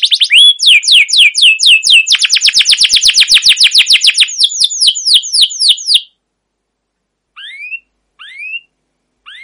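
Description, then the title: Canary song: sweeping chirps speeding into a dense rolling trill that slows and stops, followed by silence and three single rising whistled notes, the last cut off at the end. Long continuous rolling trilled singing with cuit-cuit notes, used as a master training and lure recording to stimulate canaries to sing. "CUIT CUIT NGEROL LANGSUNG GACOR PANJANG Kenari Ini AMPUH Utk Pancingan KENAR. Masteran Suara Burung Kenari Gacor Panjang cuit cuit Ngerol untuk Pancingan Kenari"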